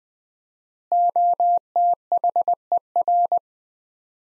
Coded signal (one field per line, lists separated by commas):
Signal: Morse code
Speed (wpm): 20 wpm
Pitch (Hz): 700 Hz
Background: none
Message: OTHER